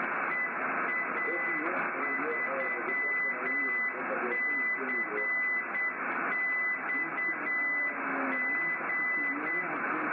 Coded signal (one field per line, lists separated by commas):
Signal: Morse code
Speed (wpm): 8 wpm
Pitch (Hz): 2000 Hz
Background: speech, radio noise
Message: EA3CXG